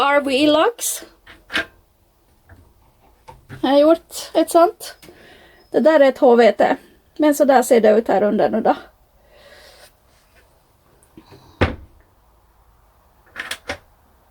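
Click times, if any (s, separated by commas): none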